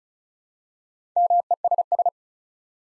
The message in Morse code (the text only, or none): MESS